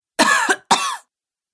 Woman Coughing.